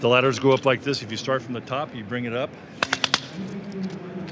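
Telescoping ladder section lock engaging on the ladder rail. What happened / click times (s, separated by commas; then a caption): The ladder section is being raised but has not locked yet / none. Someone talks while pulling up a section of a telescoping aluminium ladder, starting from the top, toward the spring lock on the ladder rail. A few short, sharp metallic ticks sound at about 2.8 to 3.1 s during the extension, followed by a low hum. The section is still being handled: nothing has seated or locked into place yet.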